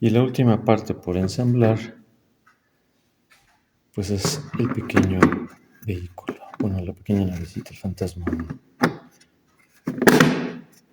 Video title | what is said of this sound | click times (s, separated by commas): …| hasta que haga clic ahí | 10.2 s